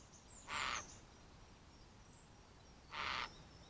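Eurasian jay calling with two loud, hoarse, noisy screeches about two and a half seconds apart, faint high whistled notes from small birds in between.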